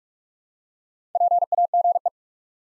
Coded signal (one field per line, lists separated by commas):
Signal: Morse code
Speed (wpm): 44 wpm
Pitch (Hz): 700 Hz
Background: none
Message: PAGE